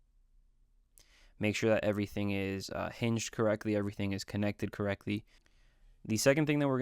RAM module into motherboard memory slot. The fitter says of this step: and then click down